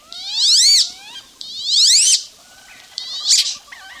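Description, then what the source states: Wood duck calls: two loud squealing whistles sweeping sharply upward, then a shorter third squeal, with faint lower whistled notes between them. Scientific name Aix sponsa.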